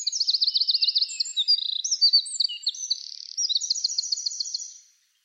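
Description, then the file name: Eurasian wren song: a fast rattling trill opening into a tumbling stream of high chirps and a final rapid rattle, then silence. "Troglodytes troglodytes"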